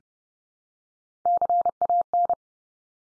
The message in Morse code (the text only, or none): CAN